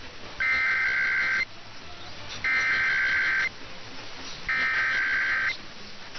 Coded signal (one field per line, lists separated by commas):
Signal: Emergency Alert System (SAME) tones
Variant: header bursts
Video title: [EAS #1835-#1837] Sunday & Halloween Weekly Tests